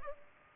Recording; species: mosquito wingbeat signal from an infrared sensor; Culex pipiens